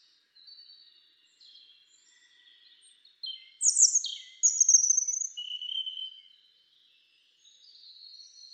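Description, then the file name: European robin singing a quiet opening, then a loud cluster of sharp high notes and a long thin whistle, followed later by soft warbles. "Erithacus rubecula"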